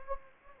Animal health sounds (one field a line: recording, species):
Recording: mosquito wingbeat signal from an infrared sensor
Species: Anopheles gambiae